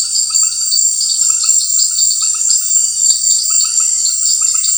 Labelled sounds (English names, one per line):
none